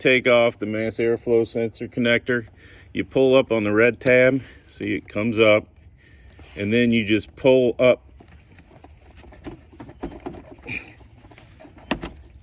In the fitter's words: You can hear it click.